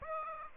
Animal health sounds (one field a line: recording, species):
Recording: mosquito wingbeat signal from an infrared sensor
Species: Aedes aegypti